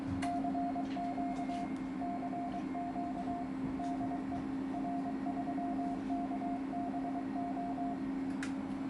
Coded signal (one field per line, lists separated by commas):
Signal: Morse code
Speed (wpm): 22 wpm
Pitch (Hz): 700 Hz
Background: none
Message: CQ CQ DE R3KBO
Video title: HF/6m 1200W linear amplifier MRF1K50H for N0FLA